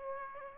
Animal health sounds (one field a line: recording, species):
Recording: mosquito wingbeat signal from an infrared sensor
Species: Aedes aegypti